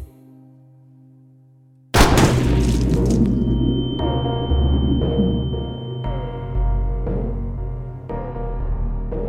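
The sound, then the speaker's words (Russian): A single loud revolver gunshot cracks out after a low, quiet hum, followed by a dense ringing roar with a thin high tone and several sharper hits at irregular intervals. “Так громко, что наступает тишина. Револьвер в руках лежащей Эсты.”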